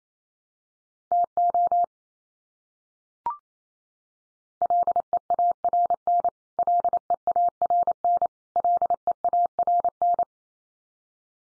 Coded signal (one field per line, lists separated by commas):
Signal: Morse code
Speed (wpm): 28 wpm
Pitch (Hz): 700 Hz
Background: none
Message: TO LEARN LEARN LEARN